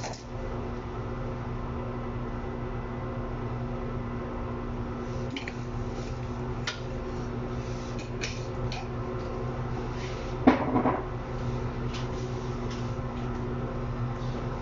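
Sounds in a kitchen: a steady low hum with a constant tone runs under the whole clip. Scattered small clicks and knocks come every second or two, with a louder clatter around ten and a half seconds that rings briefly before fading.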